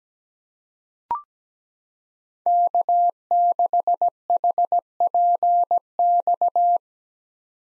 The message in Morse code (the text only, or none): K6HPX